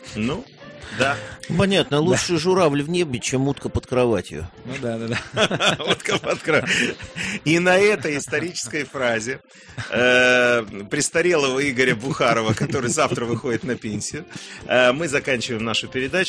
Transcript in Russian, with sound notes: Ну, да. Понятно, лучше журавль в небе, чем утка под кроватью. Ну да. [Смеется] Утка под кроватью! И на этой исторической фразе престарелого Игоря Бухарова, который завтра выходит на пенсию, мы заканчиваем нашу передачу.